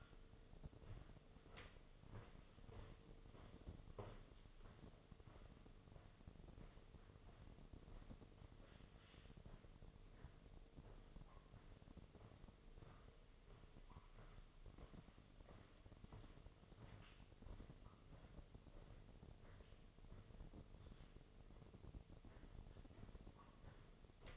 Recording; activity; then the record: daily activity, microphone in the room; walk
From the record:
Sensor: 4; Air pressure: 1006.4 hPa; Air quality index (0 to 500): 82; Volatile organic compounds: 2 ppm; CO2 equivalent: 1013 ppm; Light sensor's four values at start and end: 12/27/10/9 and 12/27/10/9